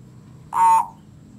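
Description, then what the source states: Common hill myna call: a single loud, harmonic, nasal note, steady in pitch, with quiet background hum. Singing (kicau).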